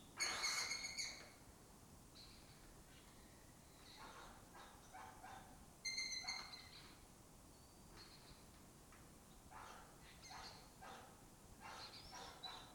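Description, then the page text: Lesser kestrel giving loud, harsh, rasping calls with ringing overtones near the start and again around six seconds, with softer scratchy chatter in between. Colony that took over an abandoned building complex in Doñana; migratory raptor that forages in West Africa and breeds in southern Europe. "Lesser Kestrels Took Over an Abandoned Building. Here in Doñana"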